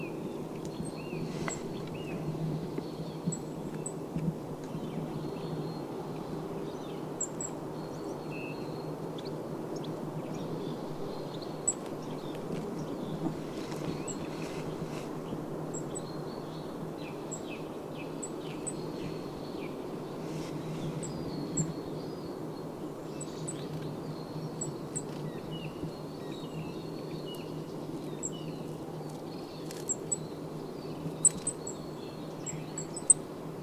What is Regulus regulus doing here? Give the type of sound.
call